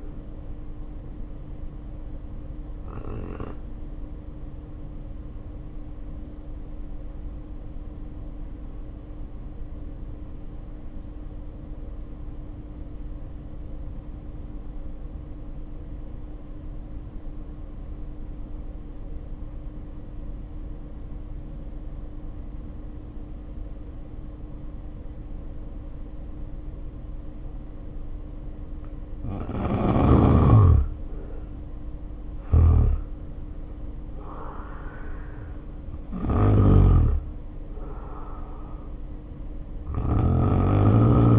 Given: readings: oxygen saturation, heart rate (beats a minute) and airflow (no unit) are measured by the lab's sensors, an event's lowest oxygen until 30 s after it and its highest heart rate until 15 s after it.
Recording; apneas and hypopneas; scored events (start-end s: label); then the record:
breathing in sleep by a smartphone at the bedside; 1
3.00-31.90 s: hypopnea (N2, oxygen 94% highest, then 74% lowest, heart rate 50 at the start, 70 highest)
From the record:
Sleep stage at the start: N2 (light sleep); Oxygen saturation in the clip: 78 to 94%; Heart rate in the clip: 50 to 70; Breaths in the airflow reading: 11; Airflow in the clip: -2.3 to 3.2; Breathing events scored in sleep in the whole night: 520 in 7.2 hours asleep